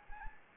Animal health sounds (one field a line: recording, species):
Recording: mosquito wingbeat signal from an infrared sensor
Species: Anopheles gambiae